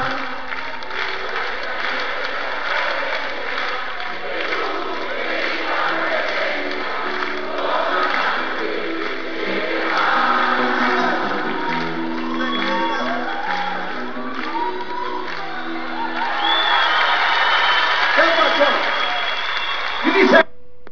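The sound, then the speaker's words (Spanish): A large concert audience sings along together in a loud, continuous roar of voices, mixed with cheers, whoops and some clapping, swelling louder toward the end before cutting off abruptly. “Oye, ¿la cantaron o no la cantaron ustedes?”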